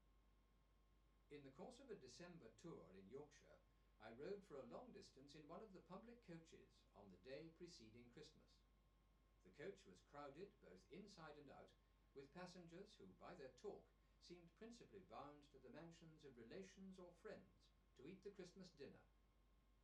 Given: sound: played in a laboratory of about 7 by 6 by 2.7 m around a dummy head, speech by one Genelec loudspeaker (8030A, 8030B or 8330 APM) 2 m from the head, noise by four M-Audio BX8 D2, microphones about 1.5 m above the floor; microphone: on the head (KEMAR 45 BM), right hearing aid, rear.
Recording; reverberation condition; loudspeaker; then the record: male speech in English; low; 120 degrees to the left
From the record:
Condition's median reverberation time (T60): about 310 ms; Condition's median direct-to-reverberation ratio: about 3.5 dB